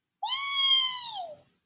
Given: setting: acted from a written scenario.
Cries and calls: vocal sound without words; pride

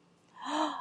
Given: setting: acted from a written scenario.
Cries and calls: vocal sound without words; relief

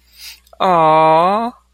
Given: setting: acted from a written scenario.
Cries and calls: vocal sound without words; adoration

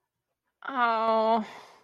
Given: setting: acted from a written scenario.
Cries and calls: vocal sound without words; disappointment

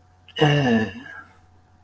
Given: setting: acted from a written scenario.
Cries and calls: vocal sound without words; shame

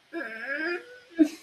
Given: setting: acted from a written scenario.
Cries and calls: vocal sound without words; pain

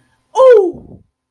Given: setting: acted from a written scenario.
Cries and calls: vocal sound without words; pain

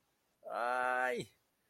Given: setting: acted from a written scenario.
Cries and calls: vocal sound without words; pain

